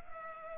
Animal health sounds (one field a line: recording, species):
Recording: mosquito wingbeat signal from an infrared sensor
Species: Culex pipiens